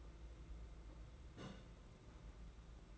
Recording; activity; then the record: daily activity, microphone in the room; place on stove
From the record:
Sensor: 3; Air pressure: 992.0 hPa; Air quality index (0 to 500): 227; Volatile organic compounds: 1000 ppm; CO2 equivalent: 7826 ppm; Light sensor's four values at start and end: 25/74/30/25 and 25/74/30/25